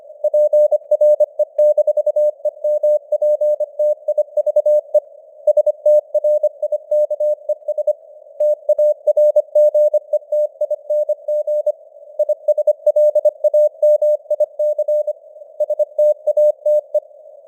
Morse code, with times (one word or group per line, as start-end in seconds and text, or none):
0.2-5.0 PRE-EMPTIVE
5.5-7.9 STRIKES
8.4-11.7 TARGETING
12.2-15.1 ISLAMIC
15.6-17.0 STATE